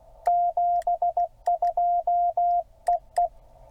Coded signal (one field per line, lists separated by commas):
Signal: Morse code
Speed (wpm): 16 wpm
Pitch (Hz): 690 Hz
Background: none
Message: 72EE